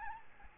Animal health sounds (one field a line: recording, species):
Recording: mosquito wingbeat signal from an infrared sensor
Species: Aedes albopictus